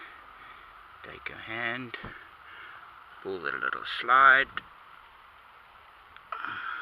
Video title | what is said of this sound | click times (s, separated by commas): VW Golf MK1 seat guides | little bit of force because this one's a little bit new and as you can hear clicks into position | 6.3 s